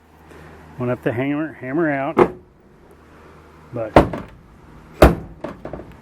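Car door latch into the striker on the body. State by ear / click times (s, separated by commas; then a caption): not seated / none. Someone talks, then the steel door of a 1965 Mercury Comet, its dents hammered out, is swung shut so its latch meets the striker on the body, giving a loud thunk at about 5.0 s followed by light rattles around 5.5–5.9 s. The latch fails to catch, and nothing has latched or clicked into place.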